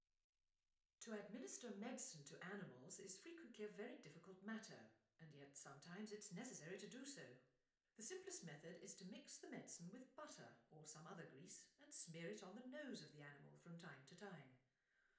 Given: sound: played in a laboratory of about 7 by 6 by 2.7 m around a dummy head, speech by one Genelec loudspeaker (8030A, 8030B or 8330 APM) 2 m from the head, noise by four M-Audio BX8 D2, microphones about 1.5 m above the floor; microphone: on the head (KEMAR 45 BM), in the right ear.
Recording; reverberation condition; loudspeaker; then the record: female speech in English; medium; 120 degrees to the right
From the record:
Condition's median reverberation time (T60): about 510 ms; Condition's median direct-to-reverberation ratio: about -0.5 dB